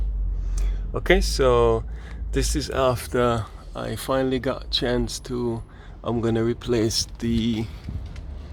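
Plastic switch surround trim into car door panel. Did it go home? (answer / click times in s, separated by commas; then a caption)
yes / 0.6 s. On a Ford Grand Tourneo Connect with a window switch that had fallen through, the plastic trim piece around the switch, turned the right way around, is pressed into the car door panel and clicks into place at 0.6 s. Someone then talks over a low background hum.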